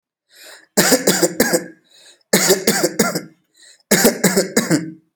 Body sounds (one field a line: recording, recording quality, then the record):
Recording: shallow voluntary cough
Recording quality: excellent, no background noise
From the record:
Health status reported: healthy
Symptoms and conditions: none ticked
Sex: male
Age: 29 years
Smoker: not ticked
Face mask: not worn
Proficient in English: yes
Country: India